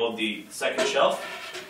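The second shelf of a walnut highboy table is handled over its removable support pins in the table base while someone talks. Nothing has seated or clicked yet.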